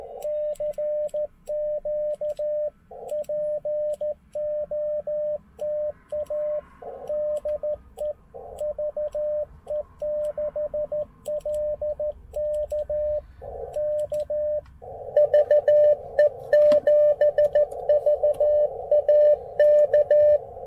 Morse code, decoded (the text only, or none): CQ POTA DE VE6LK K VE7VAK